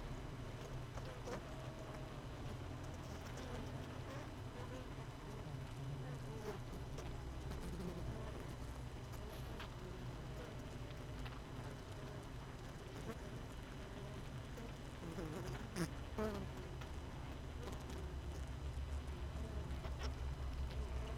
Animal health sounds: honeybee colony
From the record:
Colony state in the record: missing queen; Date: 31 May 2018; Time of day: 16:31

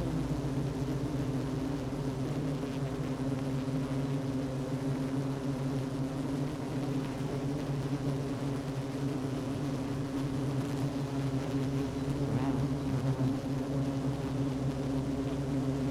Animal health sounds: honeybee colony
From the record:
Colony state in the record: active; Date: 12 June 2018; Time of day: 10:12

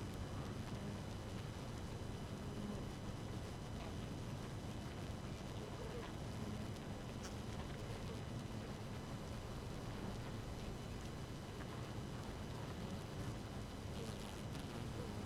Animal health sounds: honeybee colony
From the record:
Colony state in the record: active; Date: 12 June 2018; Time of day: 5:03

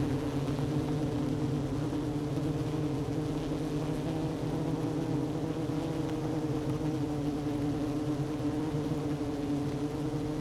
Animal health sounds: honeybee colony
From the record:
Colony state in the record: active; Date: 12 June 2018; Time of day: 11:00

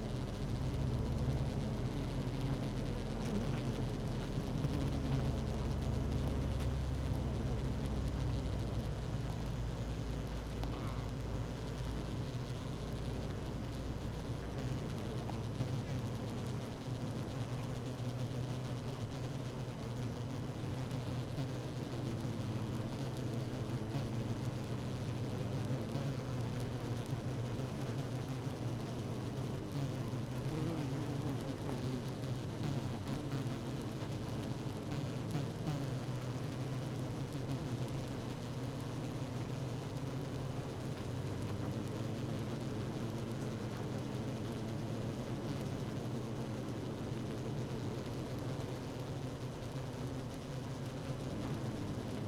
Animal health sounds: honeybee colony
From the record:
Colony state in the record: active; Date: 12 June 2018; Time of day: 16:16

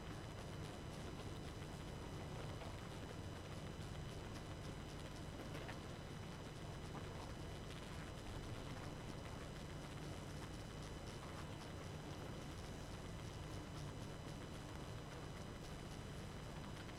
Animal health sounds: honeybee colony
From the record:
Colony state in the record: active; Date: 12 June 2018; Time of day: 22:26

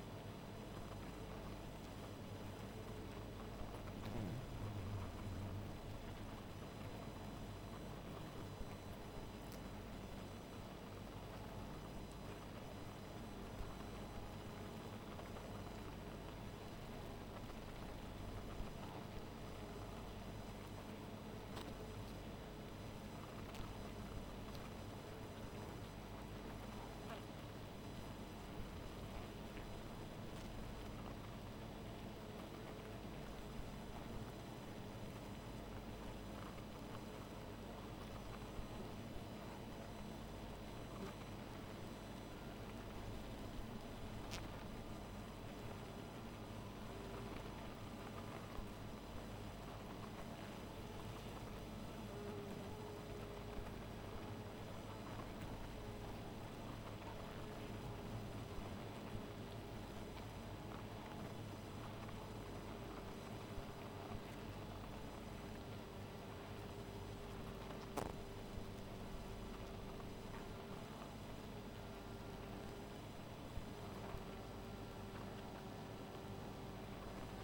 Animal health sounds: honeybee colony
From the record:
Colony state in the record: missing queen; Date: 14 July 2017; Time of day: 1:15

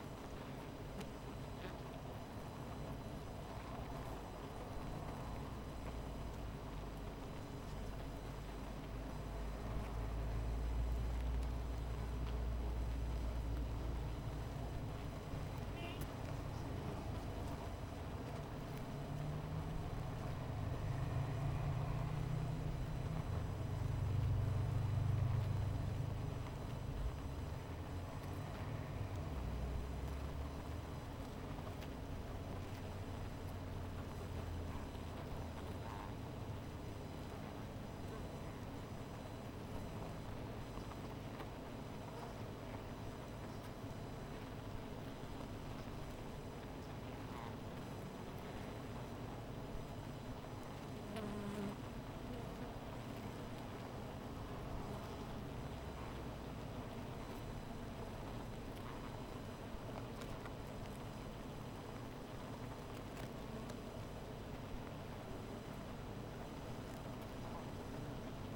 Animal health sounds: honeybee colony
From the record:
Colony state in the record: missing queen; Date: 14 July 2017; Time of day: 16:55

